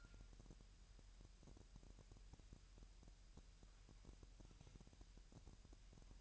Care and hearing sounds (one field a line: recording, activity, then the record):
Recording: daily activity, microphone in the room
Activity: wipe stove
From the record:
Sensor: 2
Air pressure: 1000.9 hPa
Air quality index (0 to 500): 249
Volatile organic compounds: 99 ppm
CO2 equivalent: 3746 ppm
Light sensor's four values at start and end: 10/24/10/10 and 10/24/10/10